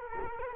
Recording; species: mosquito wingbeat signal from an infrared sensor; Culex quinquefasciatus